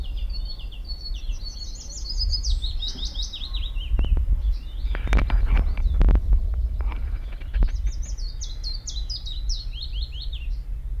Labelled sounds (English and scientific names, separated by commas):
Willow Warbler (Phylloscopus trochilus)